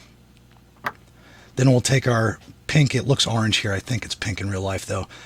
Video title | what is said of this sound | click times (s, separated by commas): How to Fix Service Air Bag Warning Light 2005 GMC Sierra | Then you're going to push your plug in. You'll hear it click, kind of. | 0.9 s